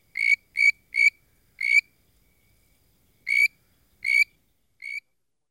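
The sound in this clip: Treefrog calling with short nasal, bright notes given in irregular bursts: four close together, a pause, then three more spaced out.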